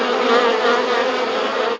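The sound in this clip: Bees buzzing as a steady, dense, droning hum with no breaks, holding a constant loudness throughout before stopping abruptly at the end.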